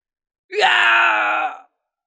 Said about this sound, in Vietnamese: Tiếng hét thảm vang vọng, người đang chạy tới đó phản ứng không kịp nên mất mạng ngay lập tức.